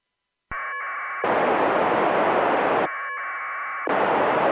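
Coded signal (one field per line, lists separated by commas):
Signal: packet radio (AX.25, as in APRS)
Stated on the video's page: Amateur packet radio transmitted and received via the ISS during one pass.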